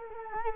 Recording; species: mosquito wingbeat signal from an infrared sensor; Culex quinquefasciatus